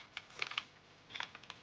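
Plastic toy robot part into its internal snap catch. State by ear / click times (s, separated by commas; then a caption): not seated / none. A part of an older Japanese version of a plastic combining robot toy is handled and pushed into position during transformation, meant to clip closed into an internal snap catch that secures it with one press. Light, sharp plastic ticks and rattles come in two clusters, around 0.2–0.6 s and 1.1–1.5 s, over a quiet background. Nothing has seated or clicked yet.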